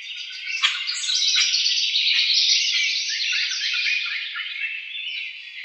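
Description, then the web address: House wren song of rapid rattling trills and bubbly notes, starting with a few sharp chips and running on without a break. Recorded 4 January 2007. "House Wren 2007 01 04 House Wren 02"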